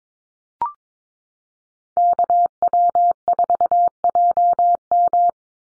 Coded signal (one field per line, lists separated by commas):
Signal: Morse code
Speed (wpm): 22 wpm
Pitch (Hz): 700 Hz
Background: none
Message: KW4JM